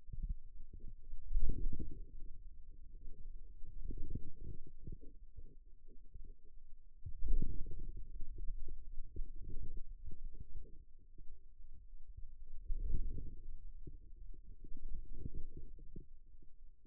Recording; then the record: forearm muscle sounds (acoustic myography)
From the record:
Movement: wrist extension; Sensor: system 2, bracelet of six BSWA MPA416 microphones around the upper forearm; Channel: 5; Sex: male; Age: 22 years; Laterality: right